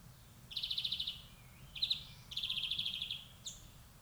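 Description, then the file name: European greenfinch in a quick burst of calls: two rapid trilled phrases around a sharper note, then a brief high chip. "Chloris chloris"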